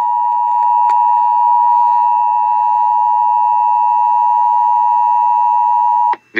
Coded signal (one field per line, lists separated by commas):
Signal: Emergency Alert System (SAME) tones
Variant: 853 and 960 Hz attention tone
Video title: EAS Emergency Alert System Amber Alert 4/22/2020